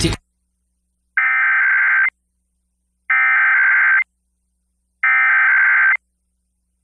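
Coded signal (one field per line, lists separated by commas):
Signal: Emergency Alert System (SAME) tones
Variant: header bursts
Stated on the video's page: EAS required monthly test tones recorded from several FM broadcast stations in the Minneapolis-St. Paul area simultaneously, plus television.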